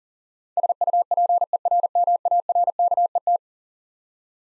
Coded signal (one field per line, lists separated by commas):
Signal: Morse code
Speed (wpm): 40 wpm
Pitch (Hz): 700 Hz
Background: none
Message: SUPERMARKET